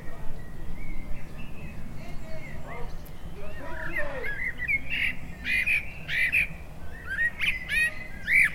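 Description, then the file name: Common blackbird song phrases, rich warbled notes with squeaky high flourishes, more frequent in the second half, above a steady low hum. "Turdus merula"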